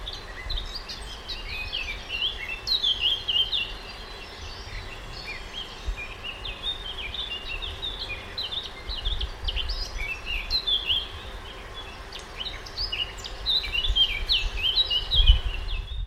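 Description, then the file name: Eurasian blackcap singing, a fast rambling warble of varied chirpy notes running almost continuously, louder near the start and end, over low rumbling background noise. "Sylvia atricapilla"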